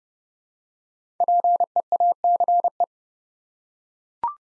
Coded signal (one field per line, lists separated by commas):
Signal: Morse code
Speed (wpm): 30 wpm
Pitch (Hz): 700 Hz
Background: none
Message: PEACE